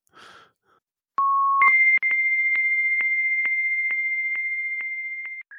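Electronic fax machine tones of an incoming fax: a short low beep, then a sustained higher steady tone broken by regular clicks, ending with a brief shifted tone. Loud, with no talking.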